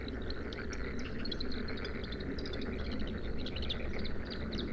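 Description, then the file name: Bluethroat song of scattered quick high chips and short twitters, partly buried in a constant broad hum. Recorded at Sha Cheng Wetland, Hebei, China, on 5 May 2025 at 06:10; three bursts of song separated by fades. "2025-05-05-0610-Bluethroat- three-bursts-of-song-separated-by-fades-Sha Cheng-Wetland-Hebei"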